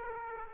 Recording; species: mosquito wingbeat signal from an infrared sensor; Aedes aegypti